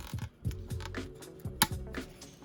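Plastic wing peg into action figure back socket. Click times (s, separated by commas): 1.6 s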